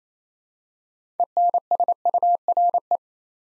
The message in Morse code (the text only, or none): ENSURE